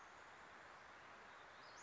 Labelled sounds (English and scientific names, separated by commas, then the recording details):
Western Flycatcher (Empidonax difficilis)
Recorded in Sonoma County, California